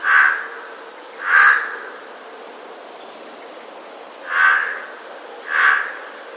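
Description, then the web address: Eurasian jay giving harsh rasping screeches, four loud calls in two pairs about a second apart, with a pause between pairs, over quiet background hiss. Recorded 20 March 2022. "wroblowe ostrzegator sojka"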